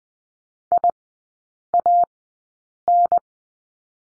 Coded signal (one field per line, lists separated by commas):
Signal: Morse code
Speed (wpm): 20 wpm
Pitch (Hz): 700 Hz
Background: none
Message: IAN